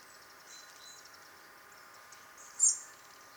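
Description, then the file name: European robin gives one short, very high thin call note near the end after a quiet stretch of faint background hiss. "Erithacus rubecula"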